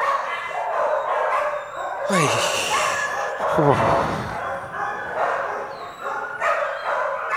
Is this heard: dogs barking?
yes